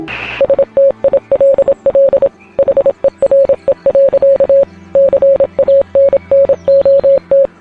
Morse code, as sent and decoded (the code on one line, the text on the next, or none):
... - .. .-.. .-.. / .... . .-. . .-.-.- / -.-. .- -. -. --- -
STILL HERE. CANNOT